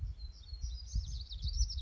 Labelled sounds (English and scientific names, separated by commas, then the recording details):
Black-throated Gray Warbler (Setophaga nigrescens)
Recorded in Sonoma County, California